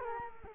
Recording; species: mosquito wingbeat signal from an infrared sensor; Culex quinquefasciatus